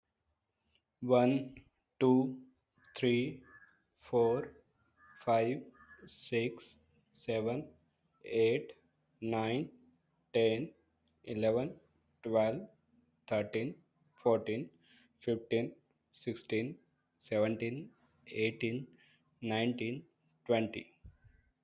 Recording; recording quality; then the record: counting at a normal pace; excellent, no background noise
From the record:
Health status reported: healthy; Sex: male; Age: 32 years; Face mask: not worn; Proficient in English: yes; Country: India